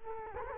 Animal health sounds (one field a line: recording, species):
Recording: mosquito wingbeat signal from an infrared sensor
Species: Culex quinquefasciatus